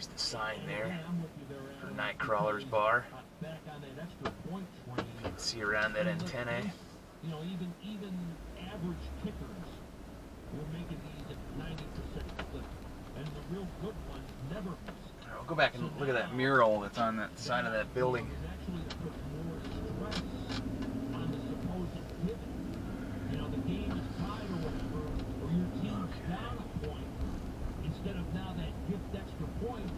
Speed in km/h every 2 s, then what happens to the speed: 2, 0, 0, 0, 0, 3, 8, 10, 5, 6, 13, 16, 23, 26, 27.
0-9 standing. 9-13 pulls away to 10. 17-25 speeds up to 26.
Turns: none.